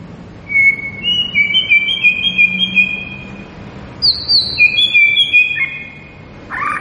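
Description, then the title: White-rumped shama delivering pure whistled phrases that step upward in pitch, over a faint low hum. Lure (pancingan) recording of a lively, vigorously singing (gacor) white-rumped shama, meant to make listening birds respond. "PANCINGAN MURAI BATU GACOR"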